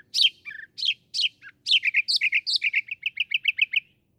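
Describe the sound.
Northern mockingbird song of varied phrases: downslurred whistles, then quick chattering notes and a rapid run of short repeated chips.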